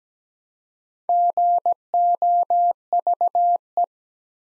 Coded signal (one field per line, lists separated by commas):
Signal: Morse code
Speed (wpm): 17 wpm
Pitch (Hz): 700 Hz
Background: none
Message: GOVE